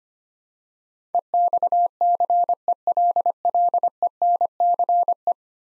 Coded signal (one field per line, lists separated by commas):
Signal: Morse code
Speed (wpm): 25 wpm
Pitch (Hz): 700 Hz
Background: none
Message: EXCELLENCE